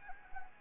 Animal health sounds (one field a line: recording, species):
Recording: mosquito wingbeat signal from an infrared sensor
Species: Anopheles gambiae